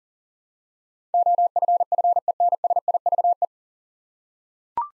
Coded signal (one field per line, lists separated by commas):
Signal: Morse code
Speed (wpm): 40 wpm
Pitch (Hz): 700 Hz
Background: none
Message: OFFENSIVE